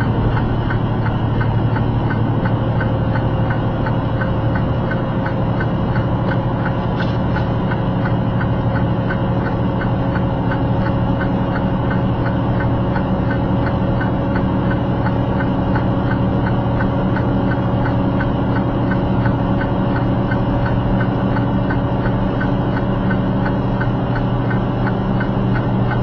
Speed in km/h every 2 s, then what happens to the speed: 61, 61, 63, 63, 63, 64, 64, 64, 64, 66, 66, 66, 68.
0-26 steady at about 64.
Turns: none.